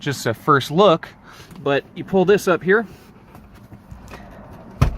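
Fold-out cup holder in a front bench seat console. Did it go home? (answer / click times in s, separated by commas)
yes / 4.8 s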